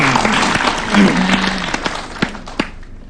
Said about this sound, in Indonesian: Tepuk tangan lo, man.